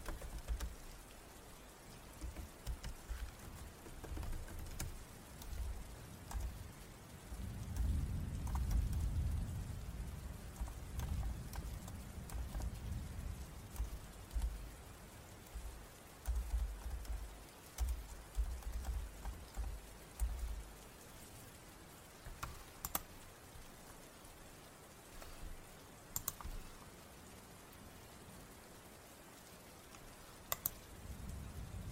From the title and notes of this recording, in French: STUDY WITH ME en ASMR (fond pluie et triggers). Fond pluie et bruits ASMR.